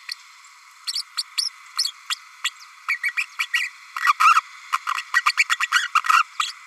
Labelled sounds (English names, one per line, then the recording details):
Green-rumped Parrotlet babbling
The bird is a female
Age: 32 days
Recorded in a nest box in Venezuela
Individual 17B32A5